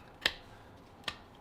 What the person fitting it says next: and it snapped back into place. Simple as that.